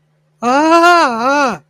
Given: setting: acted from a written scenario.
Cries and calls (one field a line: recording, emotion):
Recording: vocal sound without words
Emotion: fear